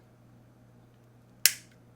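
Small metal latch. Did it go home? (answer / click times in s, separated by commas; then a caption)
yes / 1.5 s. A magazine release is pushed down into its groove in a pistol frame and then pushed sideways into its small notch. Over a faint steady low hum, a single sharp click sounds at 1.5 s, then quickly fades. The magazine release is seated in the notch.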